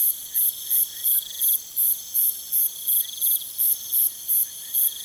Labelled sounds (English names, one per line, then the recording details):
none
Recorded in pastures near Puerto Asís, Putumayo, Colombia, on 23 June 2025 at 22:30
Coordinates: 0.486, -76.323
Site H29